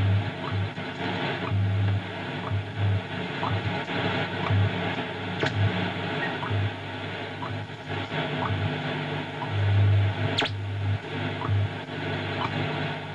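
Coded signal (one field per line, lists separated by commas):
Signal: radio time signal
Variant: WWVH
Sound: shortwave hiss with faint second ticks and a low buzzing time-code hum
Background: radio static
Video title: National Institute of Standards and Technology Time WWVH Hawaii 15 Mhz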